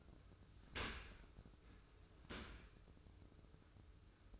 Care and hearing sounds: daily activity, microphone in the room; open dishwasher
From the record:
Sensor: 2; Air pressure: 995.7 hPa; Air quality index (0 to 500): 96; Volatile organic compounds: 5 ppm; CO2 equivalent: 1783 ppm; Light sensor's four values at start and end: 25/80/32/31 and 25/80/32/31

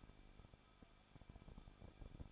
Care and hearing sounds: daily activity, microphone in the room; no activity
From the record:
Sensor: 5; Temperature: 20.8 degrees Celsius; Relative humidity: 38.2%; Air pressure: 1006.5 hPa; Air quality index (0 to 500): 186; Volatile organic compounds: 18 ppm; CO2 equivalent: 2609 ppm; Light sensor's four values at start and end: 2/3/1/1 and 2/3/1/1

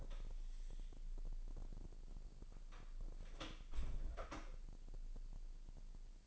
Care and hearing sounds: daily activity, microphone in the room; close door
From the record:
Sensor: 5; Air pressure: 1001.3 hPa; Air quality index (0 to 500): 249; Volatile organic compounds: 36 ppm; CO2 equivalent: 3070 ppm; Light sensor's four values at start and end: 36/82/33/31 and 36/83/33/31

